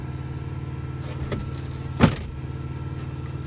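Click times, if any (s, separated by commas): 1.3 s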